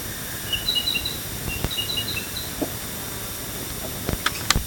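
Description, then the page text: Narcissus flycatcher song of short, clear whistled notes in quick little groups, heard over steady hiss with a few clicks and knocks. "Desmond Allen - Японская мухоловка (Ficedula narcissina)"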